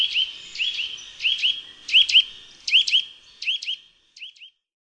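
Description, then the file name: Eurasian nuthatch calling with paired sharp upslurred whistles, repeated about every three-quarters of a second, fading toward the end. "KOWALIK"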